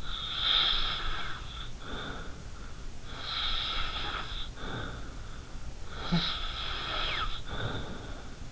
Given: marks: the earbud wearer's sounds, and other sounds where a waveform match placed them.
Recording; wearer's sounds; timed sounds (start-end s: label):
sounds in sleep by an in-ear microphone; snoring breath
0.00-2.48 s: snoring breath
3.11-5.32 s: snoring breath
5.84-8.41 s: snoring breath